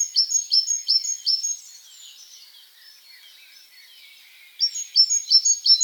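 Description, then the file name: Great tit song: bright two-note phrases repeated rapidly, nearly three per second, in two bursts separated by a quieter stretch of faint background bird twittering. "Parus major"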